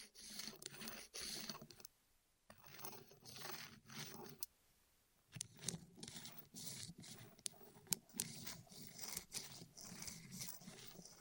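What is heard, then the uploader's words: ASMR rolling on the ears: rough, rumbling scrapes and rubbing strokes with a low muffled drone beneath them. The sound swells and fades in uneven waves, with brief quiet gaps near two and five seconds, then turns busier, with sharp crackly clicks near six and eight seconds. ASMR Rolling On Your Ears (No Talking).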